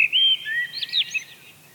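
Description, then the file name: Eurasian blackbird giving a brief whistled phrase: a clear sustained note followed by quick, looping warbles that fade out. "Turdus merula"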